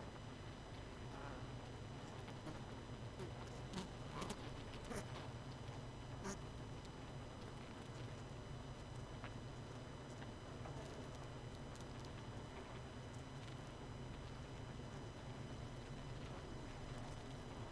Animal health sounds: honeybee colony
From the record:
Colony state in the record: missing queen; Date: 31 May 2018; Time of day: 22:16

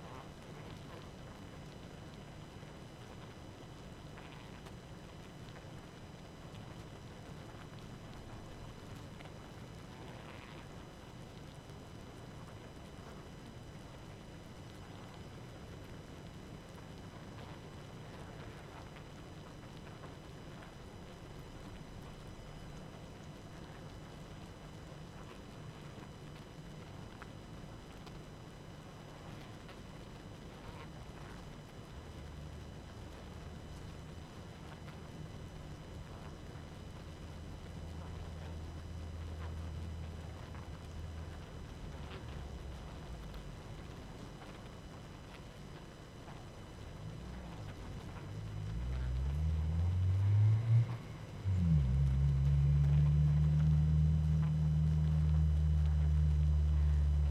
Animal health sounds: honeybee colony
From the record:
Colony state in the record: active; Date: 12 June 2018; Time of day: 23:16

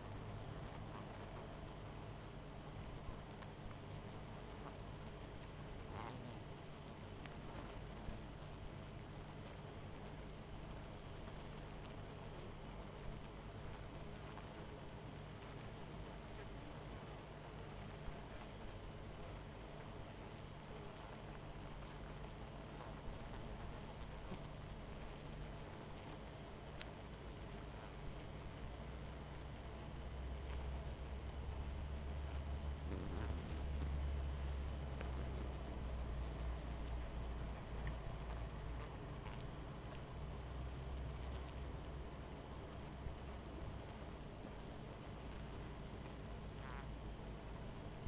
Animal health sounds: honeybee colony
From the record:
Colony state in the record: missing queen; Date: 14 July 2017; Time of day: 21:08

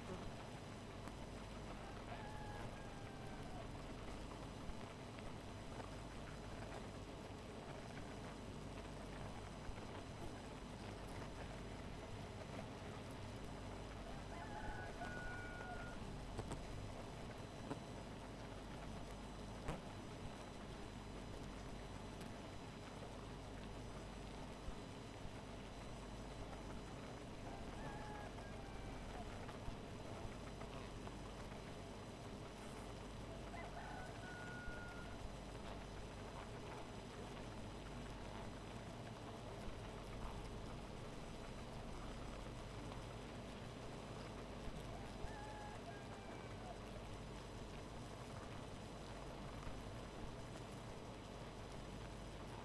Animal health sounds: honeybee colony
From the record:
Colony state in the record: missing queen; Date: 14 July 2017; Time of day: 2:20

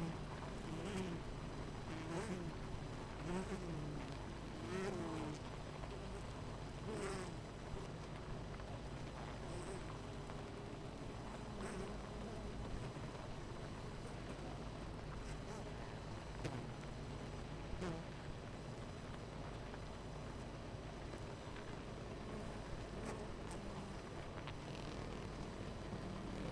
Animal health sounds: honeybee colony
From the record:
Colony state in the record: missing queen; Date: 14 July 2017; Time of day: 9:41

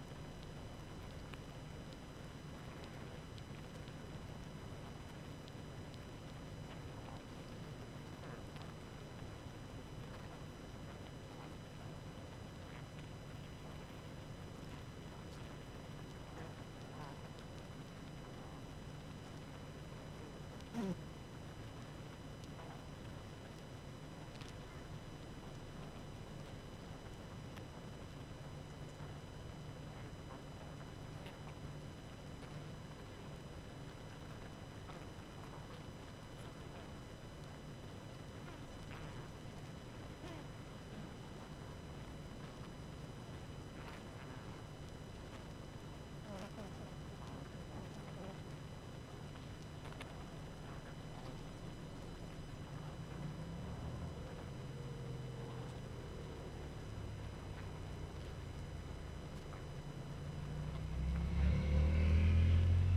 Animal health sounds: honeybee colony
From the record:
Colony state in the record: active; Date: 12 June 2018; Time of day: 19:54

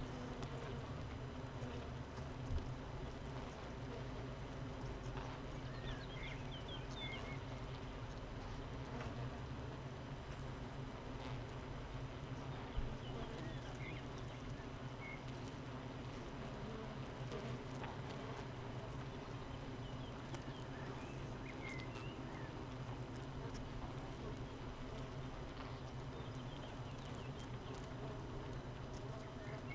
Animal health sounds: honeybee colony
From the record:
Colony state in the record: missing queen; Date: 31 May 2018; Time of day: 8:08

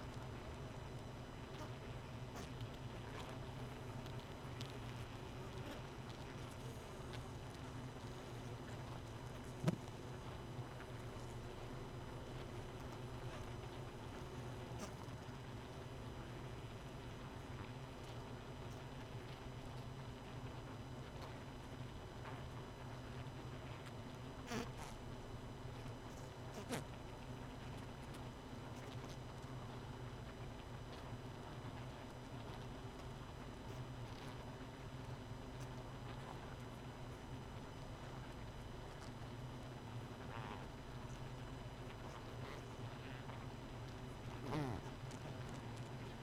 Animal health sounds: honeybee colony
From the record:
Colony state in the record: missing queen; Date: 31 May 2018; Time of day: 0:04

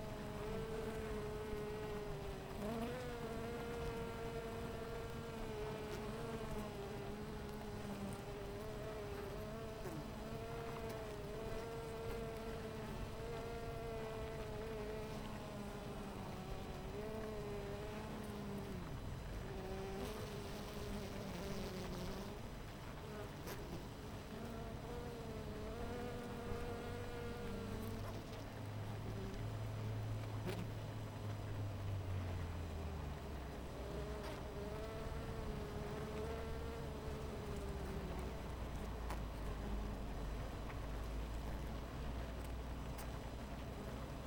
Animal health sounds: honeybee colony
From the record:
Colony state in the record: missing queen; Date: 14 July 2017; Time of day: 10:34

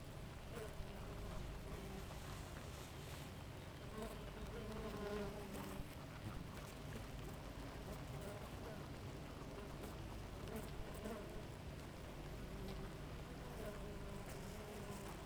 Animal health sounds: honeybee colony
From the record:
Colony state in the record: active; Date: 28 July 2017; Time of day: 5:11

